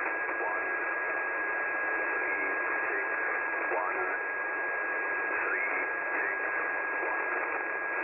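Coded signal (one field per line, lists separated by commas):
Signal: numbers station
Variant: E06, English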